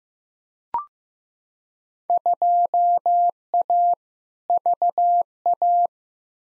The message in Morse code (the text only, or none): 2A VA